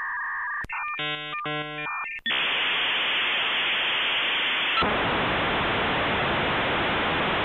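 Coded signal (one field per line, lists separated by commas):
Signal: dial-up modem handshake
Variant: V.90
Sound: brief tones and a click, buzzy multi-tone chords, then loud steady hiss that changes tone midway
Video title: V.90 Dial-up Modem Handshake - Transactional Analysis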